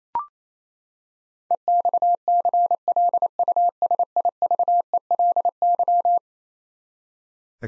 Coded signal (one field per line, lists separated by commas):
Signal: Morse code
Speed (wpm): 28 wpm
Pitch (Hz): 700 Hz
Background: none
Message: EXCLUSIVELY